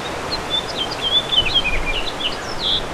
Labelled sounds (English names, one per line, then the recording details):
House Finch song
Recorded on Long Island, New York, on 2 June 2012
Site CP
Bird D